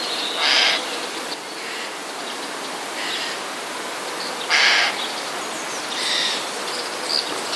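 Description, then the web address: Eurasian jay: several hoarse, raspy screeches at intervals of one to two seconds, with faint high notes in the background. Recorded on 7 June 2014. "wroblowe ostrzegator sojki 07 06 2014"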